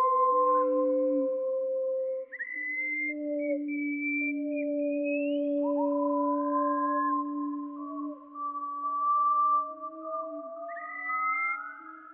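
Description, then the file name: Slowed wallcreeper calls as several overlapping drawn-out whistles, some steady, others sliding slowly upward, sustained throughout with small dips. Slowed down. "TICHODROME RALENTI"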